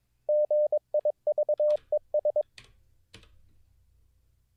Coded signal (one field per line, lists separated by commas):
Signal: Morse code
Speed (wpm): 22 wpm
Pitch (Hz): 600 Hz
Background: none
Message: GIVES